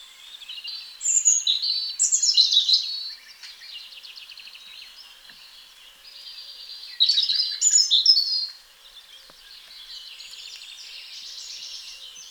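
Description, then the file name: European robin singing two separate bursts of sweet, tumbling warbled phrases with sharp high notes, each followed by softer, quieter twittering. "Erithacus rubecula"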